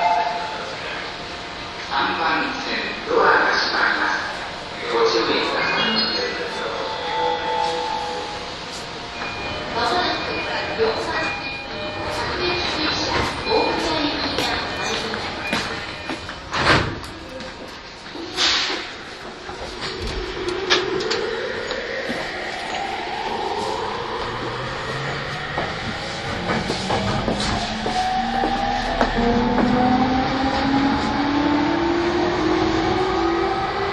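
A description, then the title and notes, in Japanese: A Yamanote Line commuter train on the outer loop, with a voice speaking over steady car rumble for the first half and clunks around 17 seconds. From about 20 seconds the motors whine in rising tones as the train gathers speed. E231系 山手線外回り01 東京～東京。2010年代当時山手線で主力車両だった、E231系山手線外回りを収録したものです。音の旅(走行音)。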